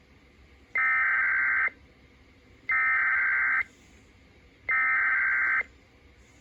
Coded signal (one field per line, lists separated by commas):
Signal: Emergency Alert System (SAME) tones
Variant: header bursts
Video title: EAS 1071 - Blue Alert (Cancellation Message)